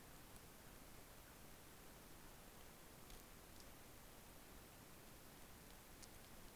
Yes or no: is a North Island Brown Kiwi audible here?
no